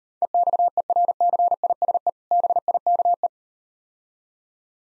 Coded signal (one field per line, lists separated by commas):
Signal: Morse code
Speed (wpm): 39 wpm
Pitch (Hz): 700 Hz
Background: none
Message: EXERCISE BIKE